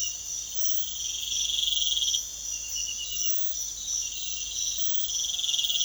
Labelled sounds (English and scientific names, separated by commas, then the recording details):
none
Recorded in pastures near Puerto Asís, Putumayo, Colombia, on 29 June 2025 at 05:30
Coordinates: 0.502, -76.324
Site G010